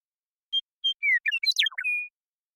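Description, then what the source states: Western meadowlark delivers two pure whistles followed by a falling slurred note, a burst of warbled, descending gurgles and a held whistle at the end. Song, isolated and processed with natural pace and rhythm kept; recorded in the Pacific Northwest, Washington, United States.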